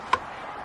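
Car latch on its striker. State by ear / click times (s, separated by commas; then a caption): not seated / none. A car latch on a Jetta, worked on with a drill, is pushed against its striker and gives one sharp knock at about 0.1 s. It does not catch because the part has been shifted too far to one side. Nothing has latched, and only a faint steady hiss follows.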